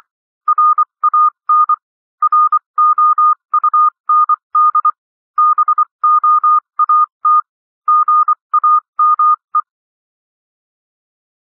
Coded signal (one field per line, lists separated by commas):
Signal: Morse code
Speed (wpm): 24 wpm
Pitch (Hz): 1220 Hz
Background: none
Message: RAN ROUND BOAT GAME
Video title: Improve Your Morse Code 21-24 WPM - 24-24 WPM